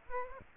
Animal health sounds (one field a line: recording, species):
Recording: mosquito wingbeat signal from an infrared sensor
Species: Aedes aegypti